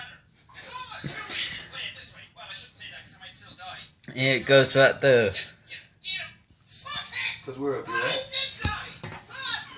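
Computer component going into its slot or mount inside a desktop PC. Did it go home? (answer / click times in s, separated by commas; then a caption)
yes / 9.0 s. During a home PC build, a computer component is pushed into its slot or mount inside a desktop case while people talk. A sharp click at 9.0 s shows it has seated in place.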